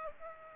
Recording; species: mosquito wingbeat signal from an infrared sensor; Aedes aegypti